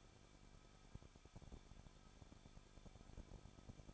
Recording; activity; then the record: daily activity, microphone in the room; no activity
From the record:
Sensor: 5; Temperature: 20.8 degrees Celsius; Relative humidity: 38.6%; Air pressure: 1006.5 hPa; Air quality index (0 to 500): 191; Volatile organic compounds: 20 ppm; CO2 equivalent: 2702 ppm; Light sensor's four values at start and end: 2/3/1/1 and 2/3/1/1